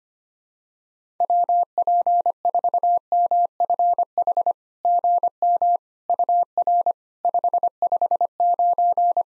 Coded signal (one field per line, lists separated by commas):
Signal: Morse code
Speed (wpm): 25 wpm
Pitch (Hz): 700 Hz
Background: none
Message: WP4MFH GM UR 559